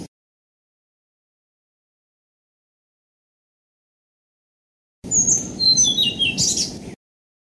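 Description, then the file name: Blue-throated flycatcher delivering one sweet phrase of descending high whistles and a closing flourish after a long silence, low hiss beneath. "kicau sikatan blue throated. omkicau"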